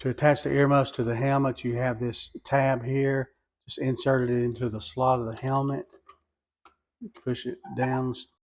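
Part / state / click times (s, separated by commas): earmuff mounting tab into hard hat side slot / not seated / none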